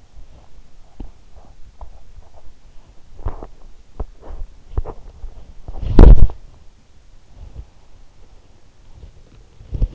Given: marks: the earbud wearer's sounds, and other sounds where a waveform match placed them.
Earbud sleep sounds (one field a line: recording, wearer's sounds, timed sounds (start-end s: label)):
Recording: sounds in sleep by an in-ear microphone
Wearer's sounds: teeth grinding, body movement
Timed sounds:
0.00-5.40 s: teeth grinding
5.40-7.67 s: body movement